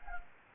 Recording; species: mosquito wingbeat signal from an infrared sensor; Anopheles gambiae